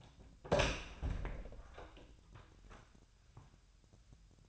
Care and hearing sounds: daily activity, microphone in the room; open door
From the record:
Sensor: 2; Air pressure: 1007.0 hPa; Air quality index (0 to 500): 191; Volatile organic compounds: 12 ppm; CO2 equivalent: 2346 ppm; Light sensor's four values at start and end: 10/23/10/10 and 10/24/10/10

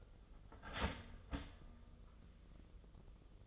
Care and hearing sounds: daily activity, microphone in the room; start toaster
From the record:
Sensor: 4

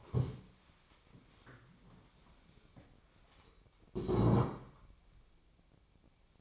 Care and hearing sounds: daily activity, microphone in the room; stand up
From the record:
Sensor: 1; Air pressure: 1000.5 hPa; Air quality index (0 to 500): 174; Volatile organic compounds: 4 ppm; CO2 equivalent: 1616 ppm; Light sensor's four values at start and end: 13/31/13/15 and 13/30/13/15

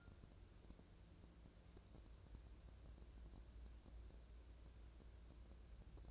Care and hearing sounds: daily activity, microphone in the room; wipe stove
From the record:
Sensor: 2

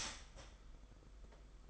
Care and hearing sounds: daily activity, microphone in the room; start toaster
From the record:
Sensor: 5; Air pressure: 991.8 hPa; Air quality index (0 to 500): 168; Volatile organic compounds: 429 ppm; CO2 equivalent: 4718 ppm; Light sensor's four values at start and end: 33/109/41/43 and 33/109/41/43

